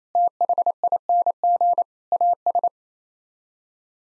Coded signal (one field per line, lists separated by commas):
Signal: Morse code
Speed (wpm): 27 wpm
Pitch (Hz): 700 Hz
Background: none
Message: THING AS